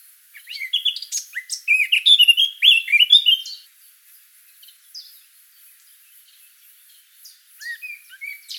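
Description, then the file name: Eurasian blackcap song: a quick scratchy warble that breaks into loud clear fluted whistles, falling silent for several seconds before a fresh warbled phrase begins. "Sylvia atricapilla"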